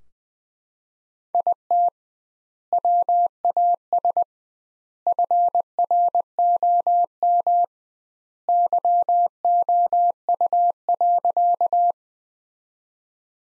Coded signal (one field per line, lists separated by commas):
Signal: Morse code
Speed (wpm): 20 wpm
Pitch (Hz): 700 Hz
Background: none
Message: IT WAS FROM YOU.